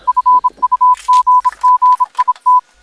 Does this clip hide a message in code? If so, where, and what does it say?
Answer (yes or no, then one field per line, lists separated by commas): yes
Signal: Morse code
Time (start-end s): 0.1-2.6 s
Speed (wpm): 26 wpm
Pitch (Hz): 1000 Hz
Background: none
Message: FUGGIT